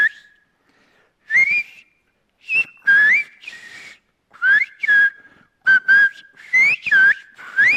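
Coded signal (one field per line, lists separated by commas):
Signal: whistled language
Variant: Sfyria (Greek)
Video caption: [σφυρίγματα] [σφυρίγματα] [σφυρίγματα]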